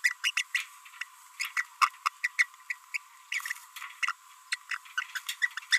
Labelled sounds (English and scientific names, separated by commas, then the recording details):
Green-rumped Parrotlet (Forpus passerinus) babbling
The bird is a female
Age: 28 days
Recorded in a nest box in Venezuela
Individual 17B42B2